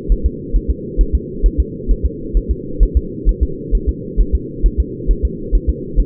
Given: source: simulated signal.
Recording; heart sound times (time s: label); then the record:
fetal heart sounds
0.12 s: S1
0.26 s: S2
0.56 s: S1
0.70 s: S2
1.01 s: S1
1.15 s: S2
1.46 s: S1
1.60 s: S2
1.91 s: S1
2.06 s: S2
2.37 s: S1
2.51 s: S2
2.83 s: S1
2.97 s: S2
3.29 s: S1
3.43 s: S2
3.75 s: S1
3.89 s: S2
4.21 s: S1
4.35 s: S2
4.66 s: S1
4.80 s: S2
5.11 s: S1
5.25 s: S2
5.55 s: S1
5.69 s: S2
6.00 s: S1
From the record:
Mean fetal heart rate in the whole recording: 135 bpm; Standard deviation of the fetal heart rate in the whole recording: 3 bpm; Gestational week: 36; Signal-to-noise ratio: -4.3 dB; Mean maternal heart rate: 72 bpm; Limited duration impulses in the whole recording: absent